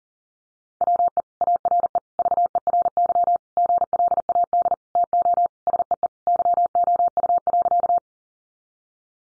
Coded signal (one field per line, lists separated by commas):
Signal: Morse code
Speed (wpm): 37 wpm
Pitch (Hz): 700 Hz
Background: none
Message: WE ARE VERY GLAD TO SEE YOU.